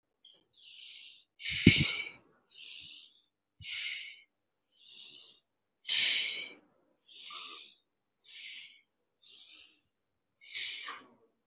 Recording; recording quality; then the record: shallow breathing; excellent, no background noise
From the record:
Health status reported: healthy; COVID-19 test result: negative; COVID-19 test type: RT-PCR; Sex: male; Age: 24 years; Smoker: no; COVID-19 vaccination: both doses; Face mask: worn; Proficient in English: yes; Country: India